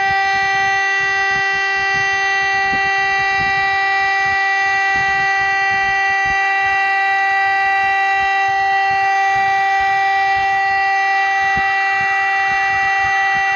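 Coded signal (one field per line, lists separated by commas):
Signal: siren signal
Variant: Czech fire alarm signal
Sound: a steady, unwavering electronic siren tone holding one pitch throughout, with rich overtones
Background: low outdoor rumble, wind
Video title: siren signal "fire alarm" Republique Thèque DS977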